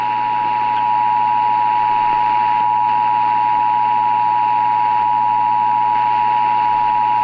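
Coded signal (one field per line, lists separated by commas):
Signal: Emergency Alert System (SAME) tones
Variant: 853 and 960 Hz attention tone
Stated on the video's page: Fictional EAS scenario, simulated tones, not a real alert.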